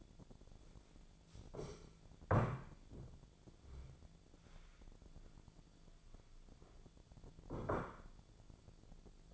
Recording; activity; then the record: daily activity, microphone in the room; stand up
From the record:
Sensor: 5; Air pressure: 1008.3 hPa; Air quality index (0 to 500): 154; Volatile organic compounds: 3 ppm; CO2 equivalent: 1484 ppm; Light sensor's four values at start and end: 60/168/65/65 and 60/168/65/66